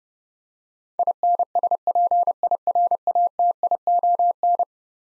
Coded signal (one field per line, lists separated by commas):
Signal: Morse code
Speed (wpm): 32 wpm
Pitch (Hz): 700 Hz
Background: none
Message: INSPIRATION